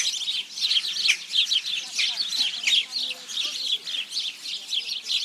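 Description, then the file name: House sparrow calls, busy overlapping chirping from several birds, rapid and irregular, with a few faint lower notes underneath. "Passer domesticus"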